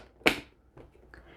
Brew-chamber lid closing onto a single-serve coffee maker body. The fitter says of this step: wait till it snaps and then with a push of a button we're